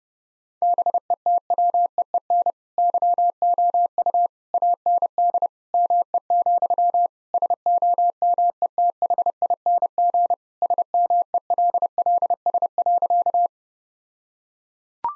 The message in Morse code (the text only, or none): BETWEEN YOU AND ME, SOMETHING SMELLS.